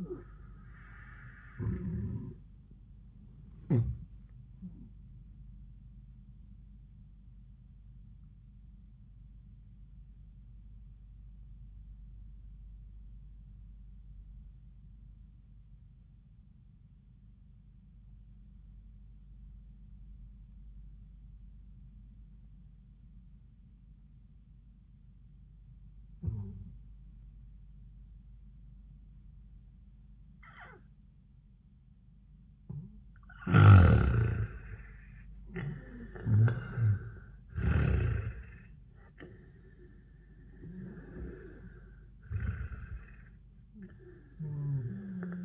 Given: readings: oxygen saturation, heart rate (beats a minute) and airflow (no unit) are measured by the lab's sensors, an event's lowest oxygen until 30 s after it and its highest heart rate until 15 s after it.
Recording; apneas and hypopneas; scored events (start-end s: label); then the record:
breathing in sleep by a smartphone at the bedside; 1
9.00-31.70 s: obstructive apnea (N1, oxygen 98% highest, then 82% lowest, heart rate 99 at the start, 99 highest)
From the record:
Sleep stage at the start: N1 (lightest sleep); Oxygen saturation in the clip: 79 to 98%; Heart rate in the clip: 81 to 101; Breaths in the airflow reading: 4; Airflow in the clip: -16.4 to 9.4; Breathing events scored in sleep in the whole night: 400 in 8.7 hours asleep